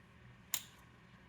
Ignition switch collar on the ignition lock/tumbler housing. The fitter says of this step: You hear it pop? Okay, now it's loose.